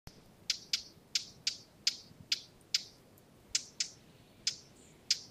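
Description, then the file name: Eurasian blackcap uttering dry, clicking tack calls, singly or in pairs, roughly two each second at an uneven pace, against quiet background hiss. "Sylvia atricapilla"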